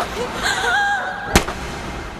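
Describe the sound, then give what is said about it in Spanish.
A single sharp gunshot cracks out suddenly, loud and brief, following a stretch of thin, wavering high-pitched whining tones that fade just before the shot. “¡Alto disparo!”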